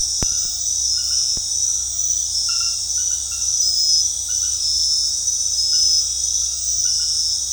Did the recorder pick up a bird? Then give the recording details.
no. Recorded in dense forest near Puerto Asís, Putumayo, Colombia, on 21 February 2024 at 22:30. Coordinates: 0.485, -76.322. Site G6406